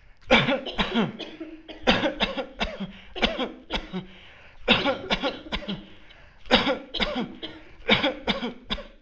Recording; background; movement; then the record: voluntary coughing; a bystander coughing; sitting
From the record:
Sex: male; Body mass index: 20.6 kg/m2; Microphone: on the chest, facing the body